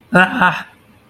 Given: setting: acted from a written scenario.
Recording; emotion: vocal sound without words; distress